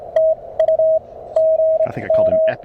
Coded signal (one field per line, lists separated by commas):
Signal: Morse code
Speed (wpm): 24 wpm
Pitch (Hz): 590 Hz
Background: radio noise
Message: TU GM